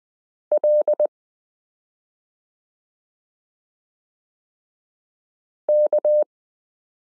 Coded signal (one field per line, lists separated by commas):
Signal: Morse code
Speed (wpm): 20 wpm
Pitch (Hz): 600 Hz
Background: none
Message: LK